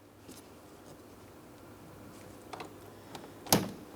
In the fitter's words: Audible click and it's secure.